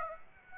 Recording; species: mosquito wingbeat signal from an infrared sensor; Aedes aegypti